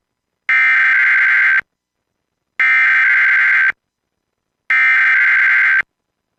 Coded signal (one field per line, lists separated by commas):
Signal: Emergency Alert System (SAME) tones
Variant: header bursts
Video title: WDFA Automated Weekly Test [EAS #590]